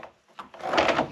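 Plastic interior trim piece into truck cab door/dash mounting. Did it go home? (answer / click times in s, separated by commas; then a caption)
no / none. After cleaning, a plastic interior trim piece is handled and pushed toward its mounting in a truck cab door or dash. Short knocks at about 0.0 and 0.5 seconds are followed by louder scraping and rubbing from about 0.6 seconds to the end. Nothing has seated or clicked yet.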